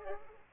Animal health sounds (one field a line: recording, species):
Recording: mosquito wingbeat signal from an infrared sensor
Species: Culex pipiens